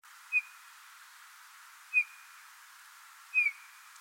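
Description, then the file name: Eurasian bullfinch calls: three soft, short piping whistles, each dipping slightly in pitch, spaced about one and a half seconds apart, over a faint steady hiss. "Pyrrhula pyrrhula"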